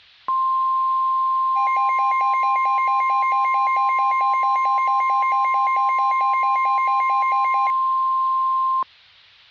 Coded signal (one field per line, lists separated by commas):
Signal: Emergency Alert System (SAME) tones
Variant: 1050 Hz attention tone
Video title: Nightmare in The Metroplex - EAS Scenario